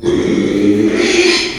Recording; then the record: squeal of a Yucatan mini pig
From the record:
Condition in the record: after surgery on the right vocal fold (resection and tissue-engineered implant); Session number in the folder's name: 2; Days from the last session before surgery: 13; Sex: male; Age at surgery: 12 weeks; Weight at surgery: 13 kg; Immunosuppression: cyclosporine, prednisolone